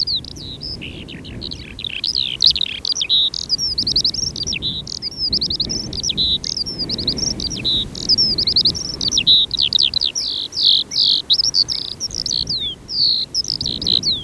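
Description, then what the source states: Eurasian skylark song: a sustained cascade of sharp, high chirps and downward-swooping notes repeated rapidly for the whole stretch, over a gentle low rumble. Singing in reeds.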